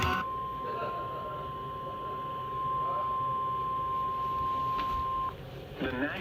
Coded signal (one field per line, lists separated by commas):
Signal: Emergency Alert System (SAME) tones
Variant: 1050 Hz attention tone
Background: speech